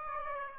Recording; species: mosquito wingbeat signal from an infrared sensor; Aedes aegypti